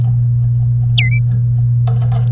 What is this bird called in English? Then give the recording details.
Domestic Canary. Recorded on 30 April 2018 at 13:36. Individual llb3